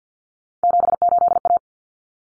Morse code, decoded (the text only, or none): 78A